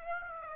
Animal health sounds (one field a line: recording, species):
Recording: mosquito wingbeat signal from an infrared sensor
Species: Aedes aegypti